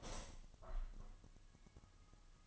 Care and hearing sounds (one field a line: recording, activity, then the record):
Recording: daily activity, microphone in the room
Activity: open window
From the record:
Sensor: 4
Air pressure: 1005.5 hPa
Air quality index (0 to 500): 90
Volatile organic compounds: 2 ppm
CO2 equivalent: 1108 ppm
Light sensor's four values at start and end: 13/29/11/11 and 13/29/11/11